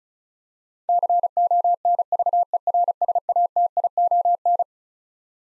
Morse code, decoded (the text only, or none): CONVERSATION